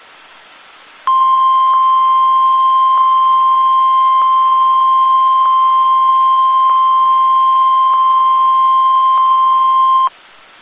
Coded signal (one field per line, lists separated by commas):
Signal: Emergency Alert System (SAME) tones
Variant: 1050 Hz attention tone